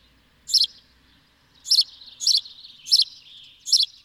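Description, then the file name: House sparrow calling with five loud, abrupt chirps at an uneven pace, with faint twittering between them. "Passer domesticus"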